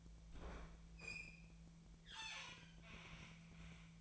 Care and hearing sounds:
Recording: daily activity, microphone in the room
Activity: open fridge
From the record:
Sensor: 1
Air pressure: 1009.7 hPa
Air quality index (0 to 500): 194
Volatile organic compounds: 19 ppm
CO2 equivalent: 2659 ppm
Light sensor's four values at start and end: 31/78/33/39 and 30/78/32/39

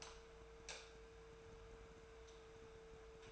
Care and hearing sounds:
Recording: daily activity, microphone in the room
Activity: light off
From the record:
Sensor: 2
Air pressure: 1014.5 hPa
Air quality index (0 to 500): 176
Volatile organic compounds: 12 ppm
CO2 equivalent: 2332 ppm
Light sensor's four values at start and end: 17/47/19/19 and 12/29/12/13

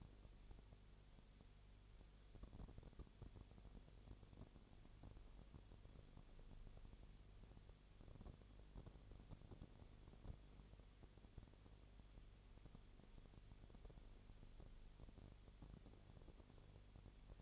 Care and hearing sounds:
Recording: daily activity, microphone in the room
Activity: no activity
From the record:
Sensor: 4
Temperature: 22.7 degrees Celsius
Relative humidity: 32.0%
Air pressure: 1008.1 hPa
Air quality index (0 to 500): 114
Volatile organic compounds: 2 ppm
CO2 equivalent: 1105 ppm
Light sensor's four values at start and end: 2/3/1/1 and 2/3/1/1

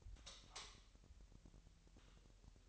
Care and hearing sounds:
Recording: daily activity, microphone in the room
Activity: light off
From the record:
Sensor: 3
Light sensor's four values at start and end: 13/35/15/14 and 5/13/5/5

